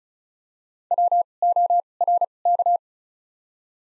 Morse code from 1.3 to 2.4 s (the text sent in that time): O R